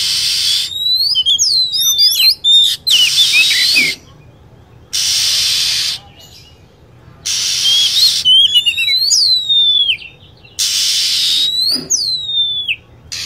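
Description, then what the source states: Lovebird chatter of sharp descending whistles and twittering notes, alternating with broad hissing bursts that recur every few seconds. Lure sound used to attract lovebirds.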